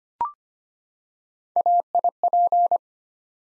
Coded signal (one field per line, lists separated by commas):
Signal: Morse code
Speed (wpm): 25 wpm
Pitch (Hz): 700 Hz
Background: none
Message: AIP